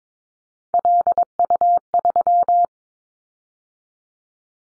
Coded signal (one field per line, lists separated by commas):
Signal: Morse code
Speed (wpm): 22 wpm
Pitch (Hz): 700 Hz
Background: none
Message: LU3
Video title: Callsign Prefixes in Top 50 DXCC 22wpm